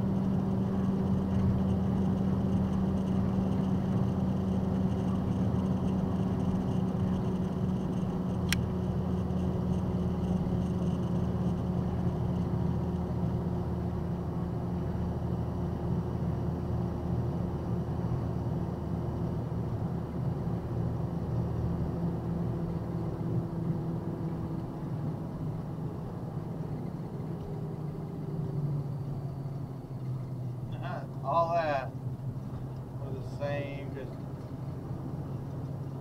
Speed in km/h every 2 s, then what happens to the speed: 105, 103, 103, 103, 100, 98, 98, 97, 97, 95, 93, 92, 89, 85, 79, 66, 61, 63.
0-31 slows to 61.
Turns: none.